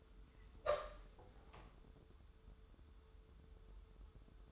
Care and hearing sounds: daily activity, microphone in the room; open door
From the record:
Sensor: 3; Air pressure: 1015.1 hPa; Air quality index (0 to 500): 106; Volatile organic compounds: 3 ppm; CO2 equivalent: 1467 ppm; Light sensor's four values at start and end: 15/39/16/17 and 15/39/16/17

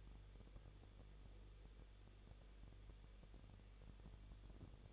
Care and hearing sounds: daily activity, microphone in the room; no activity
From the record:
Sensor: 4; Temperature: 23.1 degrees Celsius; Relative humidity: 34.0%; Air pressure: 1007.2 hPa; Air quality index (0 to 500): 216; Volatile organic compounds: 15 ppm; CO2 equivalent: 2499 ppm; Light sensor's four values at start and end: 2/3/1/1 and 2/3/1/1

